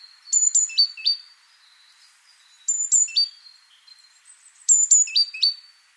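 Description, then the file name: Great tit song: three phrases of two high thin notes sliding into two lower notes, repeated every two seconds or so over a light hiss. "Parus major"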